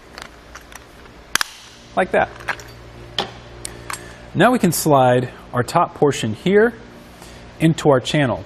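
The included torque-limiting tool tightens the screw holding the metal bracket to the roof rack tower of a Yakima RidgeLine roof rack for flush rails on a 2017 Ford Escape, with faint ticks before sharp, loud clicks at 1.4 s and 1.4 s. Those clicks show the tool has reached its torque setting, so the screw is tightened to specification without over- or under-tightening. Someone talks afterward.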